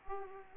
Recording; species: mosquito wingbeat signal from an infrared sensor; Aedes aegypti